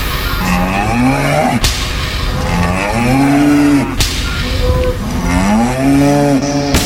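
Loud, drawn-out animal roars echo from a forest: several deep bellowing calls that swell and bend in pitch, one after another with brief gaps, heard on their own with no talking.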